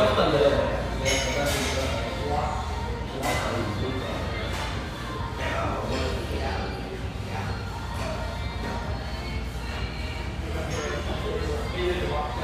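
Lively chatter fills a spacious tea room, many voices overlapping into a steady, dense murmur with no single speaker standing out. Short bright clinks and clatters of dishes cut through every second or two, and soft thumps and shuffling sit underneath.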